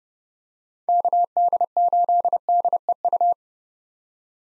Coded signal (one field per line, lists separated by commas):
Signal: Morse code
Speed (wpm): 30 wpm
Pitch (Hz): 700 Hz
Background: none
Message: KD8DEU